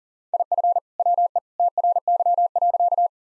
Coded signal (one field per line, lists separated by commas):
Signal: Morse code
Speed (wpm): 37 wpm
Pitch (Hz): 700 Hz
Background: none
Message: IF WE TRY.